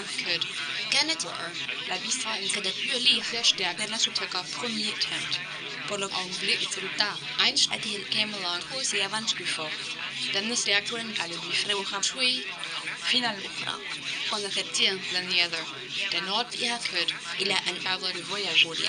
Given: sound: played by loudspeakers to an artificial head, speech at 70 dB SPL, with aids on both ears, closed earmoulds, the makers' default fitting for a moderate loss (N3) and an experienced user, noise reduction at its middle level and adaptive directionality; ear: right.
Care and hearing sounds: speech test signal (ISTS) in cocktail-party noise; +3 dB; on the right (90 degrees)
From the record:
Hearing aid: class 2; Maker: A

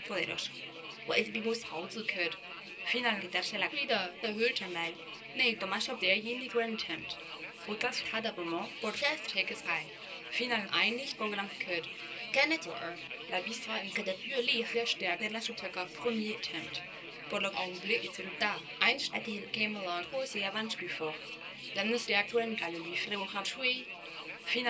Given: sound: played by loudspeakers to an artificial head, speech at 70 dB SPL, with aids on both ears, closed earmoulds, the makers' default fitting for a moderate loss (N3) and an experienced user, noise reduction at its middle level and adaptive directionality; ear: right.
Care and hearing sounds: speech test signal (ISTS) in cocktail-party noise; +9 dB; in front (0 degrees)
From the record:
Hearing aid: class 2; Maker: C

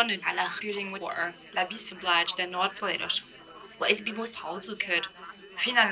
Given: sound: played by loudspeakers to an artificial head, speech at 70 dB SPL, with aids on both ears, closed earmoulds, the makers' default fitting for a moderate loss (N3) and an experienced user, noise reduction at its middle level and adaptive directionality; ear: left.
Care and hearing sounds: speech test signal (ISTS) in cocktail-party noise; +9 dB; in front (0 degrees)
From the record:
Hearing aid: class 2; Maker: E

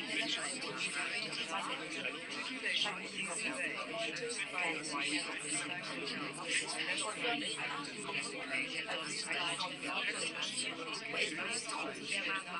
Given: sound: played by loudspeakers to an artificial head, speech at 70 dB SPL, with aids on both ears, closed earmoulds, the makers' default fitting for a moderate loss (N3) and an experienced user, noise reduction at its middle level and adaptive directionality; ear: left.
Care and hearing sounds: speech test signal (ISTS) in cocktail-party noise; -6 dB; on the right (90 degrees)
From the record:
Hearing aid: class 2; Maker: I

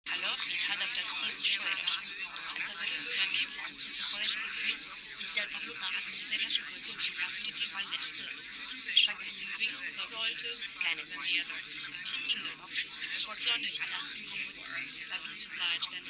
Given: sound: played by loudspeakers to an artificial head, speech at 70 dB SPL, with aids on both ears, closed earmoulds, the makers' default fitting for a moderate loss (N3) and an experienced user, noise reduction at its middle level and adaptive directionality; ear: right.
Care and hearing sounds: speech test signal (ISTS) in cocktail-party noise; -6 dB; on the right (90 degrees)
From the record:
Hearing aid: class 2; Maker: H

